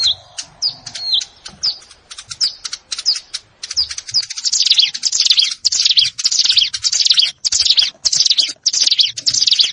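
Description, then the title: Plain prinia: a few scattered sharp chirps first, then the bird settles into rapid repeated buzzy song notes for the rest. Recorded in a rice field (sawah). "Ciblek Sawah"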